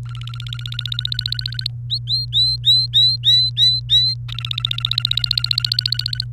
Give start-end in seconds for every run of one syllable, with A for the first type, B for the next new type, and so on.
0.05-1.67 A, 1.90-4.14 B, 4.29-6.24 A